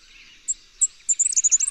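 Red-backed fairywren song opening: two separated high, thin notes, then the first quick run of a high trill.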